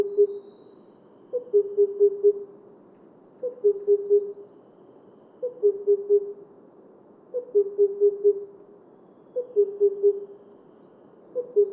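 Himalayan cuckoo calling: a short, higher upslurred note followed by a few low, even hooting notes, the phrase repeated steadily.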